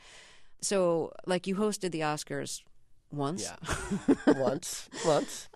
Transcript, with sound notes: So like you hosted the Oscars once.
(LAUGHTER)
Yeah. Once.